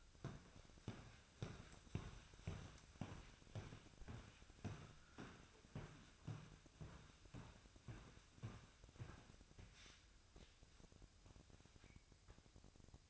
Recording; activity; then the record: daily activity, microphone in the room; walk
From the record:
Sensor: 2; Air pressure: 1001.6 hPa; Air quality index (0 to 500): 229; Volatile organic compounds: 26 ppm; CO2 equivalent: 2875 ppm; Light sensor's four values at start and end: 9/29/11/11 and 9/29/11/11